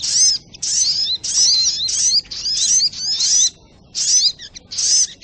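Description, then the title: Little spiderhunter song with bright, sharp twitters and sweeping whistles in close bursts, one longer pause midway before the chatter resumes. Training recording (masteran). "Masteran Burung Sogok Ontong Labaik"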